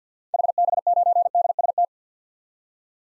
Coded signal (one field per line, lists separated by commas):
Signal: Morse code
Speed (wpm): 47 wpm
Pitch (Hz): 700 Hz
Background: none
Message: HB9DST